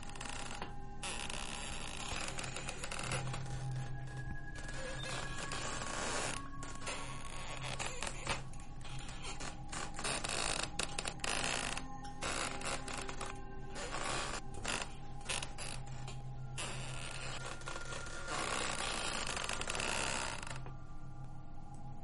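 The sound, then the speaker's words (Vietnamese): A wooden rocking chair creaks steadily back and forth, its wooden groans and clicks repeating in an uneven rhythm over a continuous mechanical rattle, with no voices. “Điều đáng sợ là cái ghế bắt đầu đưa qua đưa lại, nhịp lên nhịp xuống, phát ra những tiếng ken két.”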